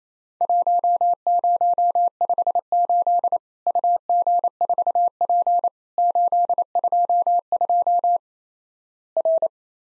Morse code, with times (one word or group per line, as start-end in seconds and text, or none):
0.4-3.4 1058
3.7-5.7 UG4P
6.0-8.2 822
9.2-9.5 R